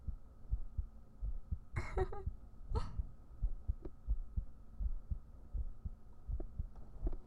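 Soft, low thumping heartbeats repeat steadily at about 80 beats a minute under a faint hum. Two brief rustling noise bursts interrupt early on. This is an ordinary heartbeat rhythm.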